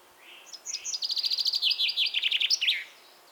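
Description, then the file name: Common chaffinch song, a quick cascade of sharp repeated notes that accelerates and drops in pitch before a final flourish. "Fringilla coelebs"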